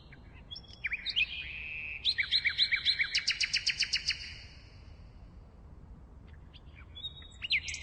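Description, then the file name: Common nightingale song with varied whistled notes, then a long loud run of rapidly repeated chirps lasting about two seconds, a pause, and further brief notes. "Nachtigall"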